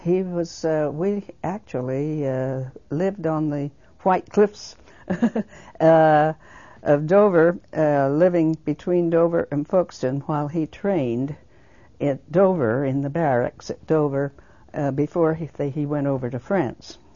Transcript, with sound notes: He was, actually lived on the White Cliffs [she laughs] of Dover, living between Dover and Folkston while he trained at Dover, in the barracks at Dover, before he went over to France.